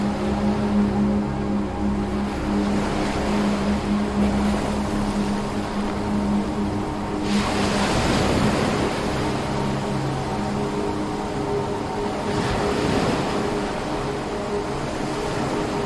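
Waves wash in over a steady low rumble that never lets up. A broader surge swells around eight seconds and another near thirteen, each briefly brighter and hissier. Underneath runs a faint humming drone, like an engine, strongest in the first half.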